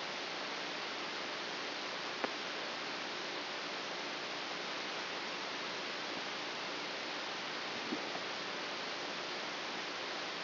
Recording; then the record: brain microelectrode recording played as sound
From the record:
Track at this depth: outside the subthalamic nucleus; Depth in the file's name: 5.401 mm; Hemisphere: right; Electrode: 3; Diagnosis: Parkinson's disease